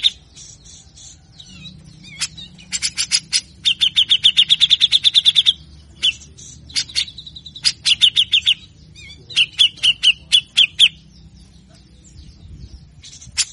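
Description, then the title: Grey-cheeked bulbul song of rough, fast rattling series and sharp clicks, repeated in several bursts with brief pauses, over a steady low background hum. Full, rough song of a grey-cheeked bulbul, used as a training master and lure to provoke other bulbuls. "MASTERAN CUCAK JENGGOT GACOR FULL BESETAN KASAR"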